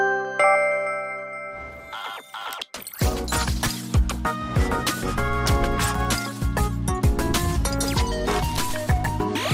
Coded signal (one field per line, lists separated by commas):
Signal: dial-up modem handshake